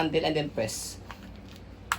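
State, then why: Released. Someone talks, then presses the fold-release button on the frame of a Maxi-Cosi Street travel-system stroller after sliding it, and a sharp click is heard at 1.9 seconds. The fold latch unlocks and releases; if the slide isn't moved first, it stays locked.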